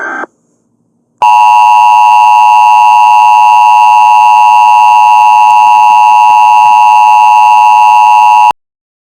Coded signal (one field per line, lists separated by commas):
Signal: Emergency Alert System (SAME) tones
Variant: 853 and 960 Hz attention tone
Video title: EAS Scenario #96: Solar Eclipse: That’s No Moon